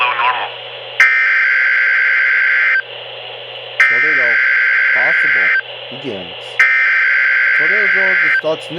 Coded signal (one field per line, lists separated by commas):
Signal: Emergency Alert System (SAME) tones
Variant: header bursts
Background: speech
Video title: I FINISH THE PICTURE OR GLUE ON IT... EAS Alerts From 3/10/26 (EAS#5,232 - 5,251)